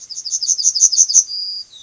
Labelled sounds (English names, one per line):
Yellowhammer song